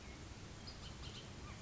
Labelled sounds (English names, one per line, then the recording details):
Bullock's Oriole
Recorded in Sonoma County, California